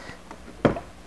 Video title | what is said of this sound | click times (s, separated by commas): Food Storage: Powdered Milk Vacuum Sealed in Mason Jars | snapped in place okay | 0.6 s